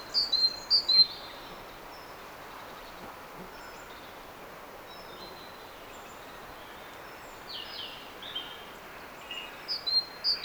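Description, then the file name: Great tit song, with high two-note phrases heard at the start and again at the end, separated by a quiet stretch with faint birds. "Parus major"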